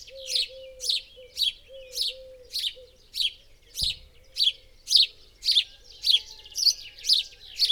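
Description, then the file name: House sparrow chirping rhythmically, about two chirps per second, with a single sharp knock midway and a low tone beneath. "Passer domesticus"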